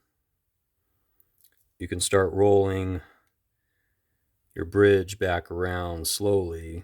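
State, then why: Not seated. Someone talks while reassembling a 1970s Penn Squidder 140 surf casting reel, starting to roll the metal level-wind bridge slowly back around in the reel frame; two faint ticks sound at 1.2 s and 1.5 s. Nothing has seated or clicked into place yet.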